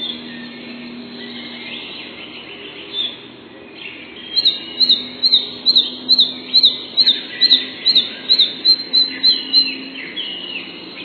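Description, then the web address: Red-breasted flycatcher song: a quiet start, then a clear series of many high, evenly spaced notes over low background hiss. Recorded 3 June 2007. "Animalia Birds 16 Tattingf Fparva"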